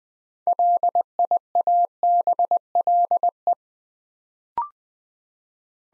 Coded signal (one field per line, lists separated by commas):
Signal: Morse code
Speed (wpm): 20 wpm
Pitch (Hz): 700 Hz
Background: none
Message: LIABLE